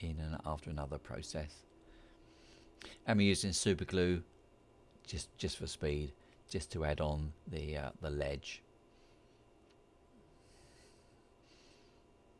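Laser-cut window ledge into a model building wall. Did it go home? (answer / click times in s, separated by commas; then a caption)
no / none. A laser-cut window ledge with superglue on it is handled near its slot in the wall of a model railway building kit, a tight push fit rather than a click. Someone talks over faint handling noise with a brief sharp tick around 2.8 s. Nothing has seated yet.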